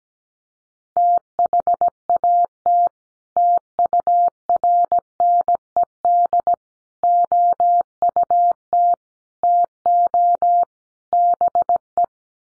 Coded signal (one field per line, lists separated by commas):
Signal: Morse code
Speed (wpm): 17 wpm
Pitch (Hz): 700 Hz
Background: none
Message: THAT TURNED OUT TO BE